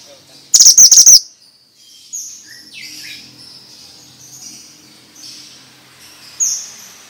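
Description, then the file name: Bird song: one quick burst of sharp high chirps, then faint whistles and soft background sounds. Bird sound used as a lure for stressed birds; 'suara mantenan' sound. "Pancingan Ampuh Burung Stress Suara Mantenan"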